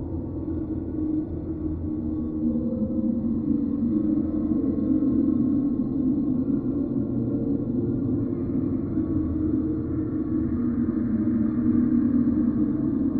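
Wind roars steadily through a forest as a deep, dense rumble that holds even throughout, with faint hollow tones drifting above the low drone.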